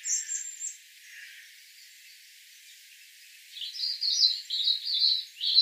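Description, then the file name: European robin song: thin high phrases, a brief whistle at the start, then a longer run of twittering, warbling notes after a pause. "Erithacus rubecula"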